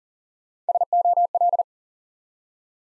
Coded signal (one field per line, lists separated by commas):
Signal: Morse code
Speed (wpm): 40 wpm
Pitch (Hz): 700 Hz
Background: none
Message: SOL